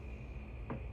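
A titanium pivot screw is backed out of a balisong knife's pivot until its thread drops into alignment, giving a small, sharp click at 0.7 s over a steady low background hum. The screw is seated in line with the threads, so it won't cross-thread.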